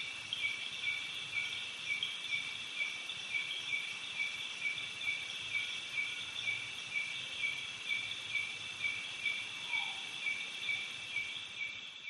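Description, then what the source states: Cicadas and other insects drone in a continuous high buzz pulsing about twice a second. Night recording beside a flowing creek, Doi Suthep National Park, Thailand.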